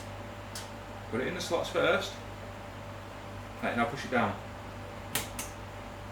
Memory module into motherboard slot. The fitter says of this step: click that's our position yeah right so